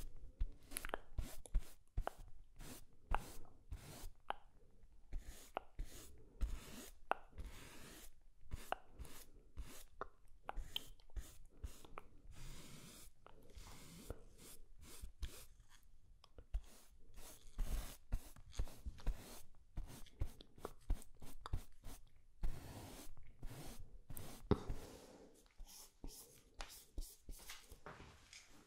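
Brushing sounds fill the clip as a dense run of short, crisp strokes, irregular but nearly constant, with soft low murmur underneath like an inaudible whisper. The strokes ease briefly around the middle and again near the end, then pick back up.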